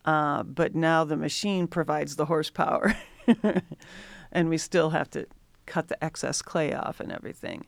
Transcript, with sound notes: But now the machine provides the horse power. [LAUGHTER] We still have to cut the excess clay off and everything.